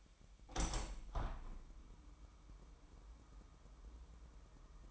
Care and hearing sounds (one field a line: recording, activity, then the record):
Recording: daily activity, microphone in the room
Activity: open window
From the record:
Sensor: 1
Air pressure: 998.5 hPa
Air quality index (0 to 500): 126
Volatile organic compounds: 3 ppm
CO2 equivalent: 1512 ppm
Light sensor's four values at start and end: 8/19/8/9 and 8/19/8/9